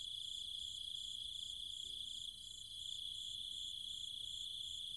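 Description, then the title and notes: Cicada chorus, a continuous shrill buzz overlaid by a rhythmic higher pulsing, roughly four beats per second, with one short quieter dip. Recorded at night in trees and fields of the countryside around Chiang Mai, Thailand, with other insects calling alongside the cicadas. "Cicada countryside, Thailand. Nighttime sounds of the cicadas and insects in the trees and fields, Chiang Mai, Thailand. Recorded by Alex Boyesen"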